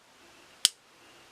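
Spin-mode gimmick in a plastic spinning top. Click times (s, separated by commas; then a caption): 0.6 s. The spin-mode gimmick in a plastic Spryzen S3 Beyblade spinning top is turned further and gives a second sharp click at 0.65 s, a brief bright snap over quiet background hiss. The gimmick clicks home and is seated.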